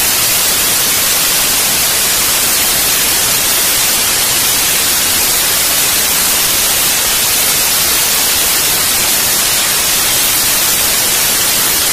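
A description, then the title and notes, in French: Television snow hisses on without a break, a dense, even wash of static weighted toward the bright, high end with little low rumble. The level stays flat across the whole twelve seconds, unchanging, with no other sounds behind it. Neige à la TV.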